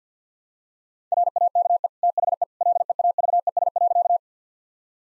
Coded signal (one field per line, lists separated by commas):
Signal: Morse code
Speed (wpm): 50 wpm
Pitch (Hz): 700 Hz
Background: none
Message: RAKE THE LEAVES.